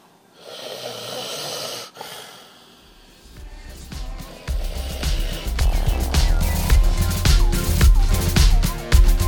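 Loud, low, rumbling snoring from two sleeping adults, overlapping and building from quiet to very loud over about nine seconds, like a pair of walruses. Snorts and throaty rattles repeat in an uneven rhythm as the two sleepers' cycles blend together.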